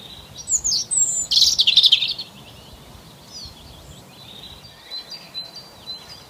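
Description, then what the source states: Birds singing high, bright chirps and rapid twittering phrases in short bursts over a constant low background hiss, with quieter calls continuing afterward. Bird song on an early spring morning.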